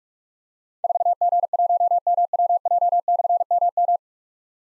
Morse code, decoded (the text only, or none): 4G1MWJ/MM